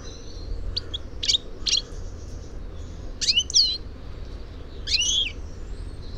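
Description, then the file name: European goldfinch calls: a few separate, sharp, high chirps and slurred twitters at irregular gaps over a low background rumble. "Carduelis carduelis"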